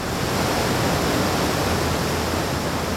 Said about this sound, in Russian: Вода, миллиарды галлонов воды каждую минуту переливались через край и с высоты 2000 футов падали в гигантскую каменную чашу у подножия водопада.